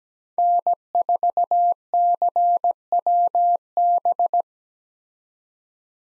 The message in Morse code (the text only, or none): N4CWB